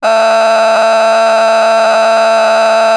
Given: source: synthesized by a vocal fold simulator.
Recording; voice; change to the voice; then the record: sustained vowel; female; vocal strain, level 10 of 10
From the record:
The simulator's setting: 1.00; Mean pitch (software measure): 223 Hz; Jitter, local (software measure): 2.85%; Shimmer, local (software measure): 3.7%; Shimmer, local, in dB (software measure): 0.33 dB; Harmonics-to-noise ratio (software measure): 11.0 dB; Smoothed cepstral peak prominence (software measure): 12.6 dB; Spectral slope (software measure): -17.1 dB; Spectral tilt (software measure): -7.9 dB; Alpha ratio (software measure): -7.6 dB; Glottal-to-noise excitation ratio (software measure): 0.912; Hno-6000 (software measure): 1.6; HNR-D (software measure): 30.3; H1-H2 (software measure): -4.1 dB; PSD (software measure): 2.5e-03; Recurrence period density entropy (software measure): 0.124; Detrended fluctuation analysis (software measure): 0.0088